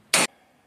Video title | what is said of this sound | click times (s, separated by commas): 68 charger AWD body swap | snaps right into place make sure your finger aren't in there | 0.1 s